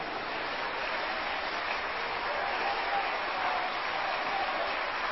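An audience claps their hands together for the Lord during a sermon, in a dense, steady wash of applause that holds at an even, fairly loud level for about five seconds without letting up.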